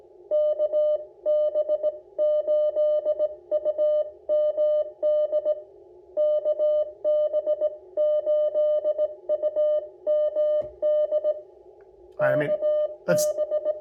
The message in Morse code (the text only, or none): KB8UMD KB8UMD KB